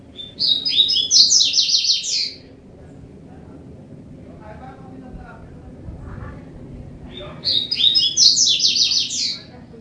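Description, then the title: Double-collared seedeater repeats the same high, rapid, jumbled warbling phrase twice, about seven seconds apart, over a steady low hum. "Canto Coleiro"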